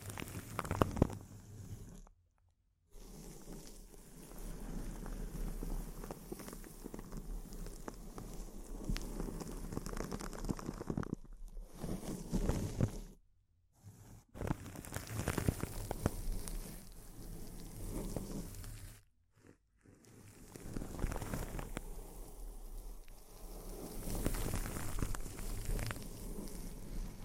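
Intense close-up crinkling fills the recording with dense, irregular crackles and snaps, bright and crisp across the top with a low rumble beneath. The sound cuts out to silence several times, near 2, 11, 13, 14 and 19 seconds, then resumes.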